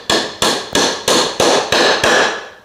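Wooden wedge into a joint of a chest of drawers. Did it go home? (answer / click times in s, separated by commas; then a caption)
yes / 1.7 s, 2.0 s. A wooden wedge is tapped with a hammer into a joint on a chest of drawers, making seven evenly spaced sharp blows, each with a bright ringing decay. The last strikes, at 1.7 s and 2.0 s, ring longer and sharper, showing the wedge is driven fully home and seated.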